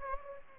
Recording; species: mosquito wingbeat signal from an infrared sensor; Aedes aegypti